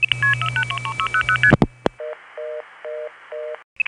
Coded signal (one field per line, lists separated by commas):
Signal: multi-frequency trunk signalling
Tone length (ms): 80 ms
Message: 3600ST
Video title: Operator Roulette 5 — Electromechanical Telephone Sounds from the 1970's — 5 Hours - Single Track!